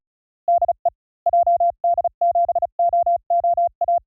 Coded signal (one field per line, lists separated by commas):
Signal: Morse code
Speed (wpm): 36 wpm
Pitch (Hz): 690 Hz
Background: none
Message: DE JD7OOA